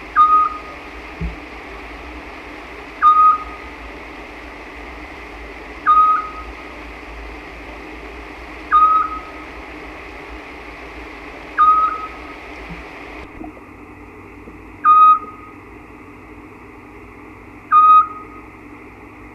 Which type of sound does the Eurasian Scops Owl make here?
song